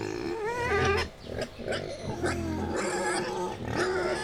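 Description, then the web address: Wild boar squealing in wavering, rising and falling tones mixed with short grunts, several animals calling over each other in a noisy burst. Wild boar in a zoo in Hungary, excited before feeding, recorded 28 April 2015. "jaszberenyizoo. vaddiszno etetesrefelajzva"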